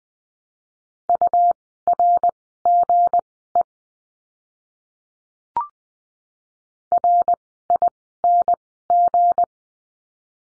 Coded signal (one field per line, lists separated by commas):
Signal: Morse code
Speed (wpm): 20 wpm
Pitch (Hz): 700 Hz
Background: none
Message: URGE RING